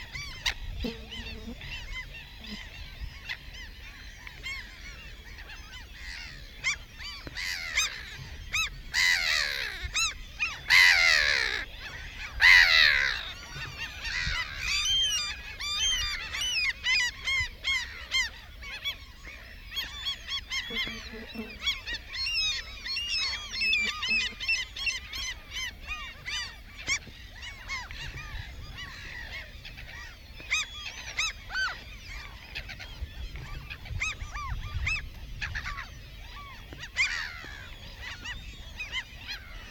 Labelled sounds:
Mediterranean Gull (Ichthyaetus melanocephalus) call

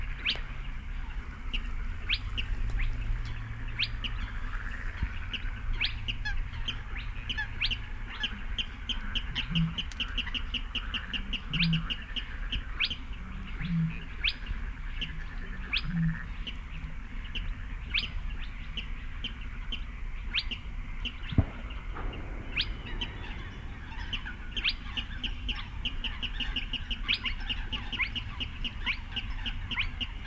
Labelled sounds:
Spotted Crake (Porzana porzana)

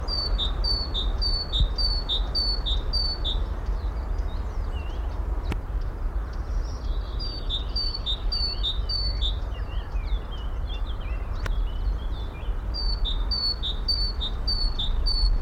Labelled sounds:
Great Tit (Parus major)

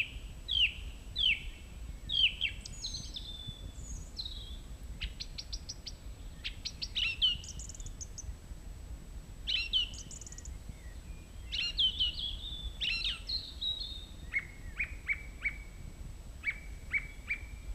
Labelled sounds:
Song Thrush (Turdus philomelos) song

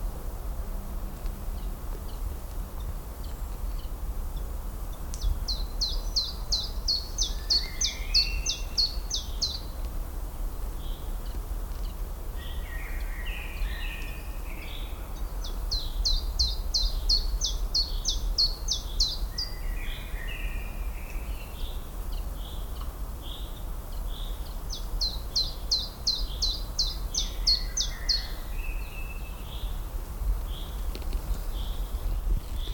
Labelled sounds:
Common Chiffchaff (Phylloscopus collybita) song

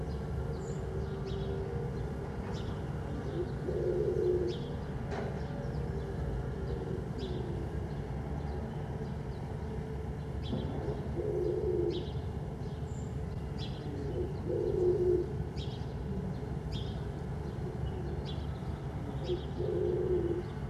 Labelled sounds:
Corsac Fox (Vulpes corsac) barking

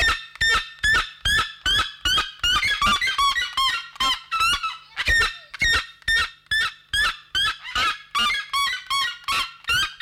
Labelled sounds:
Red-legged Seriema (Cariama cristata) call

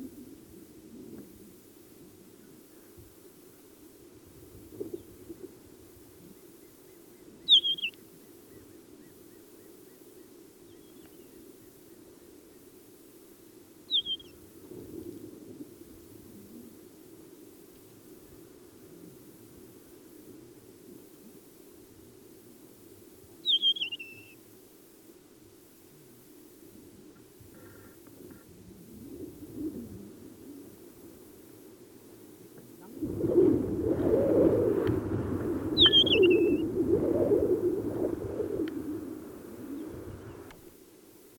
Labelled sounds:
Desert Wheatear (Oenanthe deserti) song

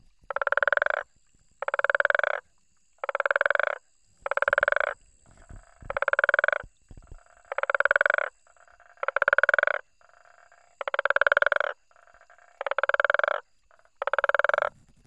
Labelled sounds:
Guttural Toad (Bufo gutturalis) call

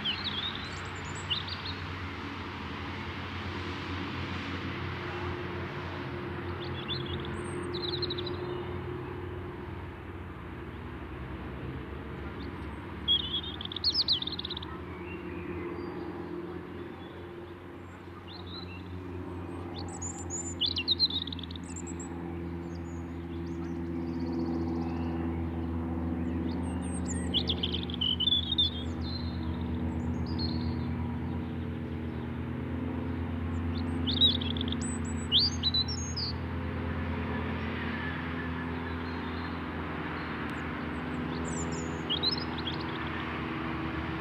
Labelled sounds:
European Robin (Erithacus rubecula) song

